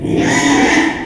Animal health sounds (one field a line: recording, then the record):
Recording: squeal of a Yucatan mini pig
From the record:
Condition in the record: after surgery on the right vocal fold (resection and tissue-engineered implant)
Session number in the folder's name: 3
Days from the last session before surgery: 33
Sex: male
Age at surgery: 12 weeks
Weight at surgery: 13 kg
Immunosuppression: cyclosporine, prednisolone